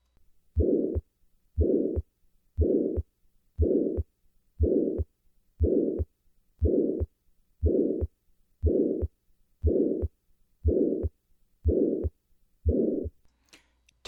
Following repair, some patients may have a harsh systolic murmur at the lower left sternal border due to a residual ventricular septal defect. Harsh pansystolic murmur at the fourth left intercostal space, characteristic of ventricular septal defect.